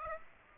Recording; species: mosquito wingbeat signal from an infrared sensor; Aedes aegypti